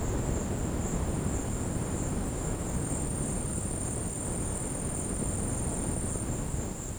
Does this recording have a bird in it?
no